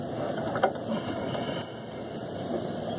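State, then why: Not seated. A fuel line quick-connect coupling is handled and pushed toward the new inline fuel filter of a Ford pickup truck, with a steady low rumble and hiss throughout and a brief sharp knock at about 0.6 s. Nothing has seated or snapped into place yet.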